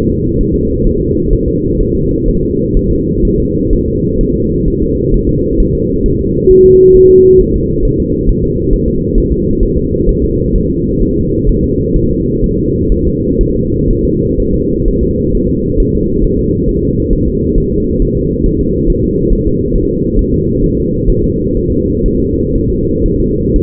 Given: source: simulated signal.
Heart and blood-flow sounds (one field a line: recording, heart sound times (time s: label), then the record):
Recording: fetal heart sounds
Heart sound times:
0.10 s: S2
0.41 s: S1
0.55 s: S2
0.87 s: S1
1.01 s: S2
1.33 s: S1
1.48 s: S2
1.80 s: S1
1.95 s: S2
2.28 s: S1
2.43 s: S2
2.77 s: S1
2.91 s: S2
3.25 s: S1
3.40 s: S2
3.73 s: S1
3.88 s: S2
4.21 s: S1
4.36 s: S2
4.68 s: S1
4.82 s: S2
5.14 s: S1
5.29 s: S2
5.60 s: S1
5.75 s: S2
6.06 s: S1
6.21 s: S2
6.51 s: S1
6.66 s: S2
6.96 s: S1
7.11 s: S2
7.41 s: S1
7.56 s: S2
7.85 s: S1
8.00 s: S2
8.29 s: S1
8.44 s: S2
8.73 s: S1
8.88 s: S2
9.18 s: S1
9.32 s: S2
9.63 s: S1
9.78 s: S2
10.09 s: S1
10.24 s: S2
10.56 s: S1
10.70 s: S2
11.02 s: S1
11.17 s: S2
11.49 s: S1
11.64 s: S2
11.96 s: S1
12.11 s: S2
12.44 s: S1
12.59 s: S2
12.92 s: S1
13.07 s: S2
13.41 s: S1
13.56 s: S2
13.90 s: S1
14.05 s: S2
14.40 s: S1
14.54 s: S2
14.88 s: S1
15.03 s: S2
15.35 s: S1
15.50 s: S2
15.80 s: S1
15.95 s: S2
16.24 s: S1
16.39 s: S2
16.69 s: S1
16.83 s: S2
17.13 s: S1
17.28 s: S2
17.58 s: S1
17.72 s: S2
18.02 s: S1
18.17 s: S2
18.46 s: S1
18.61 s: S2
18.90 s: S1
19.04 s: S2
19.33 s: S1
19.47 s: S2
19.75 s: S1
19.90 s: S2
20.19 s: S1
20.34 s: S2
20.64 s: S1
20.78 s: S2
21.09 s: S1
21.24 s: S2
21.57 s: S1
21.72 s: S2
22.06 s: S1
22.20 s: S2
22.55 s: S1
22.70 s: S2
23.06 s: S1
23.20 s: S2
23.56 s: S1
From the record:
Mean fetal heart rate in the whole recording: 130 bpm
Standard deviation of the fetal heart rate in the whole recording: 4 bpm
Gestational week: 38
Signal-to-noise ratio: -14.7 dB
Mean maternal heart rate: 72 bpm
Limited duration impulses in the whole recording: present